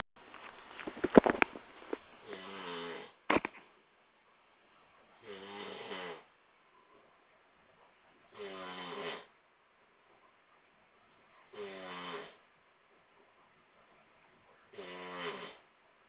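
An adult snoring: brief clattering noises at the start, then four regular harmonic snores about three seconds apart.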